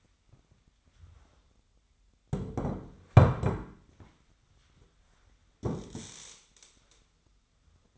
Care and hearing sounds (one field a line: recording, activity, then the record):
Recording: daily activity, microphone in the room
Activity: sit down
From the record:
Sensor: 3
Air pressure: 1008.0 hPa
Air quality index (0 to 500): 191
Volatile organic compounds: 14 ppm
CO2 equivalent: 2451 ppm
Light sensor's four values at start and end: 12/29/12/12 and 12/29/12/12